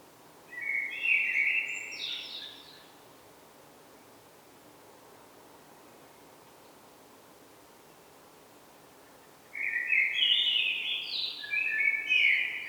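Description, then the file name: Common blackbird singing: a rich warbled phrase with a high squeaky finish, about seven seconds of quiet, then a longer fluty phrase ending in scratchy high notes. "Turdus merula"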